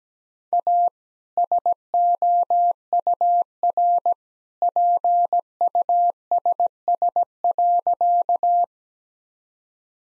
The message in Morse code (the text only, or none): A SOUR PUSS.